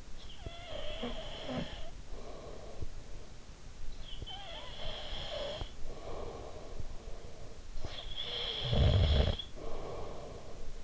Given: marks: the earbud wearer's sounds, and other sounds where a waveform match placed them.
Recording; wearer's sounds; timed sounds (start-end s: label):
sounds in sleep by an in-ear microphone; breath, snoring breath
0.00-3.15 s: breath
3.76-7.50 s: breath
7.73-10.84 s: snoring breath